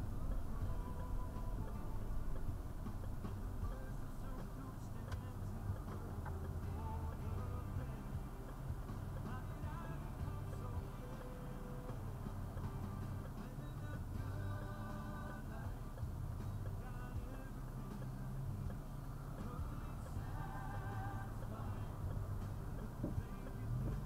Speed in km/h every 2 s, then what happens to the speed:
13, 5, 0, 0, 0, 0, 0, 0, 0, 2, 0, 2.
0-3 brakes to 0. 3-24 standing.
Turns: none.